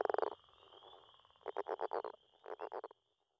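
Northern leopard frog call, a guttural series of quick pulses in three clusters, then silence; faint steady high whine behind.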